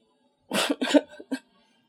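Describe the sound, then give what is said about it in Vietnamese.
A woman coughs loudly, a dry cough bursting out in a quick cluster of three or four harsh, raspy hacks, the last one shorter, with silence before and after and no talking. “Cô vừa nghe tới từ nhạy cảm, lập tức lớn tiếng ho khan.”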